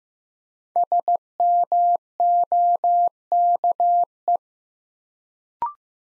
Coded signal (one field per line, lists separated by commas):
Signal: Morse code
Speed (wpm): 15 wpm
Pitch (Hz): 700 Hz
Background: none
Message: SMOKE